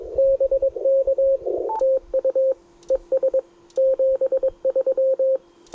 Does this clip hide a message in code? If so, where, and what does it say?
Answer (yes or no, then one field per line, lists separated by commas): yes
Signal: Morse code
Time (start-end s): 0.2-5.4 s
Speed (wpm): 22 wpm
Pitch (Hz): 530 Hz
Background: radio noise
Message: BK TU ES 73